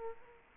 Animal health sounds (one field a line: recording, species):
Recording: mosquito wingbeat signal from an infrared sensor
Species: Culex quinquefasciatus